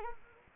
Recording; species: mosquito wingbeat signal from an infrared sensor; Anopheles arabiensis